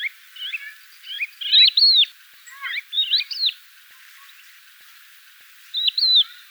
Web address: galerida cristata call